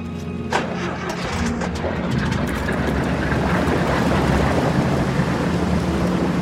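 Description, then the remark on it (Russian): The engine of a motor launch, started by bandits, catches with a sharp burst, then settles into a steady, loud, low rumbling drone as the boat pulls away, with no voices. “И в это время бандиты заводят мотор баркаса и трогаются.”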